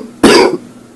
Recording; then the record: coughing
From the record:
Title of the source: Coughing 77